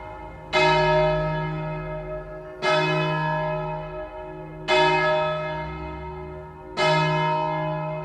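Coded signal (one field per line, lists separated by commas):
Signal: bell signal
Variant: single E-flat bell, distesa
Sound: one church bell tolling steadily, four ringing strokes about two seconds apart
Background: low background hum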